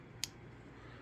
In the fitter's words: but you do still get a little click whenever it opens up